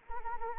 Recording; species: mosquito wingbeat signal from an infrared sensor; Anopheles arabiensis